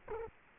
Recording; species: mosquito wingbeat signal from an infrared sensor; Culex quinquefasciatus